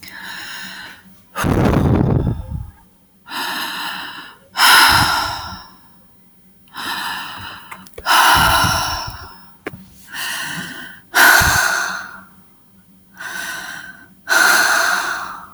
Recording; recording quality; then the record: deep breathing; excellent, no background noise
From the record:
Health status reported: respiratory illness, not identified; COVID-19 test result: negative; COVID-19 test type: RT-PCR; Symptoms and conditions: asthma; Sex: female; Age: 34 years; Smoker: no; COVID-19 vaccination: both doses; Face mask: not worn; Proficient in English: yes